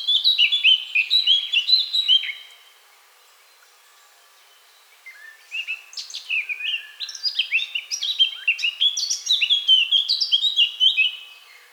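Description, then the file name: Eurasian blackcap singing a quick, varied warbled phrase, then a few seconds of quiet, then a longer burst of chattering and fluty notes. "Sylvia atricapilla"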